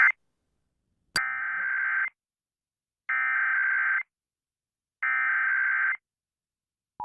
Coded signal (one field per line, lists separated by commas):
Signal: Emergency Alert System (SAME) tones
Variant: header bursts